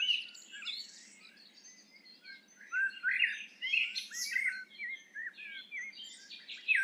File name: Turdus merula